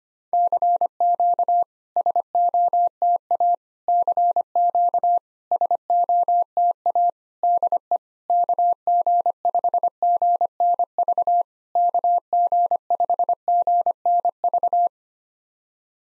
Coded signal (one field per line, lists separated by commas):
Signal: Morse code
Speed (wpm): 25 wpm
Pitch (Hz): 700 Hz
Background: none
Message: CQ SOTA CQ SOTA DE KG5GNV KG5GNV